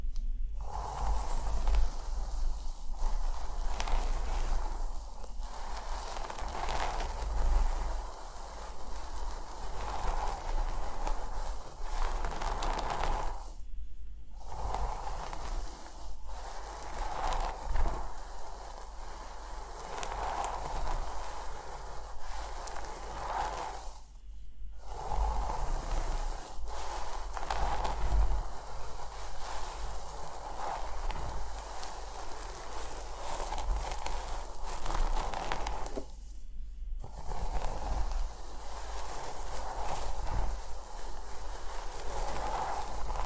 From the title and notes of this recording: ASMR Relaxing Scalp Massage + Hair Care Treatment head massage, scalp scratching + hair brushing.